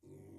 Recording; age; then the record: pig call; weaner (32 to 43 days)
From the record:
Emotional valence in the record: negative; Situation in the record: restrain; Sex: male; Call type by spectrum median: low-frequency call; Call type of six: low-frequency stable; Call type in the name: low-frequency stable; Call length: 0.39 s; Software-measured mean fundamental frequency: 49 Hz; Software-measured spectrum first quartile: 164 Hz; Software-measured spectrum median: 308 Hz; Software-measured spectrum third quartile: 515 Hz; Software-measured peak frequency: 367 Hz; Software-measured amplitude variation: 121 dB a second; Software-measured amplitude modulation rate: 25.7 a second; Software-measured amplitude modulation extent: 4.7 dB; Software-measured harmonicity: 1.4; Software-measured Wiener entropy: 0.72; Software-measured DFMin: 1100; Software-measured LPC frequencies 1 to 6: 344, 2107, 3500, 4021, 5351, 6755 Hz